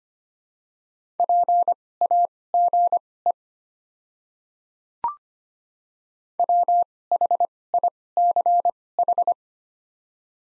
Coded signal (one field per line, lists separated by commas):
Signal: Morse code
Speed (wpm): 25 wpm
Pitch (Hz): 700 Hz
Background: none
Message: PAGE WHICH